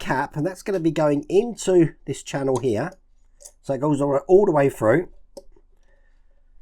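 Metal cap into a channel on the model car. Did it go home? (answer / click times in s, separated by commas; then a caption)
yes / 5.4 s. A metal cap is slid along a channel on a 1:8 scale Aston Martin DB5 model car until it clips in at the end, while someone talks. The talking stops, and a sharp click at 5.4 s shows the cap seated in the channel, followed by quiet.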